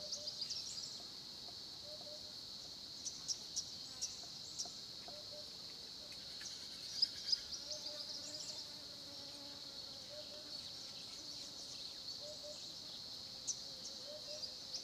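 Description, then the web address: Cricket chorus, an unbroken high shrill drone throughout, with a few sharp clicks and faint low hooting notes repeating at intervals behind it. Crickets recorded at 10:30 am by a small pond at Olifants, Kruger, South Africa. "Sonniss - GDC 2018-Game Audio Bundle Tonschliff - SOUTH AFRICAN CRICKETS BG South Africa Kruger Olifants 1030 am small pond"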